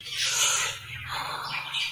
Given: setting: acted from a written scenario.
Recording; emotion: vocal sound without words; desire